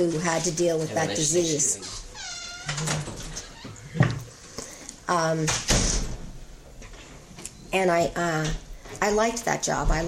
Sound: door closing

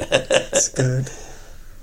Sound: laughter

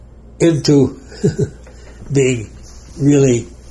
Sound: laughing

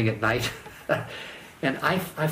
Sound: chuckle

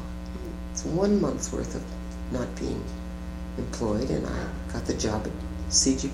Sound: none

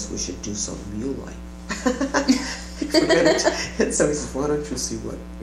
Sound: laughter

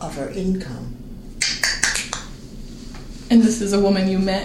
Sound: snaps fingers

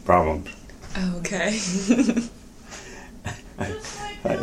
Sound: laughter

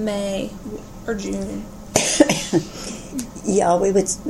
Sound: coughing

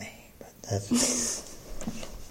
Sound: laughter

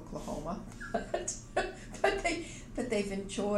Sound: laughter

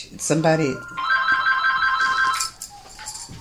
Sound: phone rings

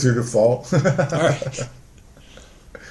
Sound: laughter

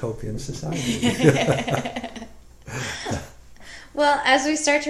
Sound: laughing

